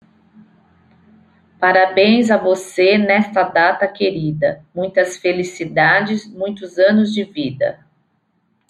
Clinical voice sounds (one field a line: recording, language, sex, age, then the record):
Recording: short text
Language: Brazilian Portuguese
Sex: female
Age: 40 to 49 years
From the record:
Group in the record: control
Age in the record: 47 years